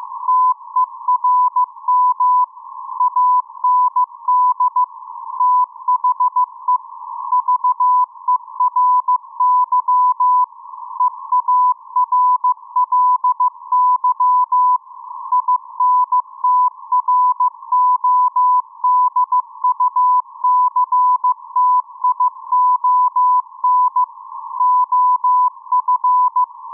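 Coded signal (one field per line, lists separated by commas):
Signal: Morse code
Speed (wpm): 15 wpm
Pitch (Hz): 1000 Hz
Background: music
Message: TERM AND THE VERY EARLY INTRODUCTION OF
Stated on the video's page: Received on an RTL-SDR V3 dongle with a 40m dipole, direct sampling, no up-converter.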